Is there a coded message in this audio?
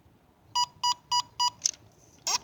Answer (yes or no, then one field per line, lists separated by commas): no